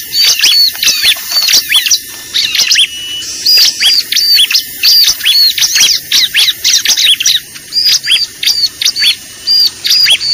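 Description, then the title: Bar-winged prinia calls, busy strings of high chirping notes delivered in fast bursts, with short gaps between phrases and steady hiss beneath. Lure call used for trapping (pikat). "PIKAT BURUNG CIBLEK AMPUH"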